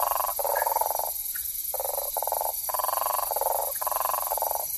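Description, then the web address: South American common toad producing repeated buzzy pulsed trills in quick succession, with brief gaps, against a continuous shrill insect background. Ecuadorian Amazon, Ecuador; form labelled sp 2. "Frogs of Ecuadorian Amazon Bufo typhonius"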